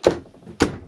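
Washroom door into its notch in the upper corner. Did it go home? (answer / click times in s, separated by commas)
yes / 0.1 s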